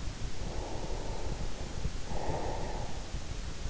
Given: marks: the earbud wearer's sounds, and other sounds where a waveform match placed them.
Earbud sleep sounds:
sounds in sleep by an in-ear microphone; breath
0.25-3.23 s: breath

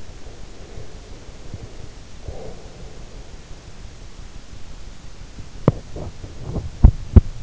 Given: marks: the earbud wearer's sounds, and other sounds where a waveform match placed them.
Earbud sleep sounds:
sounds in sleep by an in-ear microphone; breath, teeth grinding
0.00-3.57 s: breath
5.60-7.25 s: teeth grinding

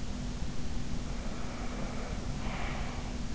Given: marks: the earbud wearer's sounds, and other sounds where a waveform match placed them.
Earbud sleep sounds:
sounds in sleep by an in-ear microphone; breath
1.37-3.27 s: breath

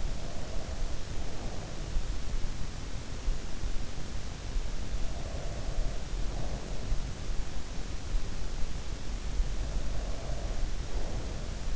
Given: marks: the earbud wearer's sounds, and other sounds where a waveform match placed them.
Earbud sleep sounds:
sounds in sleep by an in-ear microphone; breath
0.00-2.17 s: breath
5.00-7.13 s: breath
9.63-11.76 s: breath

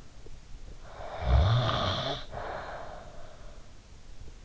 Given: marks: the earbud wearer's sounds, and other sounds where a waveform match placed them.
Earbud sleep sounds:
sounds in sleep by an in-ear microphone; snoring breath
0.69-3.42 s: snoring breath

